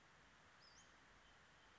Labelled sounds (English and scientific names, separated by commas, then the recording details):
Western Flycatcher (Empidonax difficilis)
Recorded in Sonoma County, California